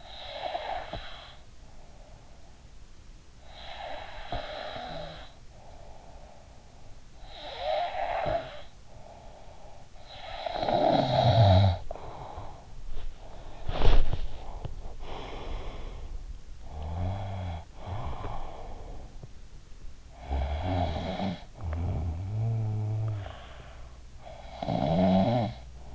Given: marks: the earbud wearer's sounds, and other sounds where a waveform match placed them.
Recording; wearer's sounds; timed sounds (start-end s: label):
sounds in sleep by an in-ear microphone; snoring breath, breath, body movement
0.00-3.12 s: snoring breath
3.12-6.64 s: breath
6.64-9.94 s: snoring breath
10.00-13.62 s: snoring breath
13.62-14.66 s: body movement
14.66-20.00 s: breath
20.00-25.95 s: snoring breath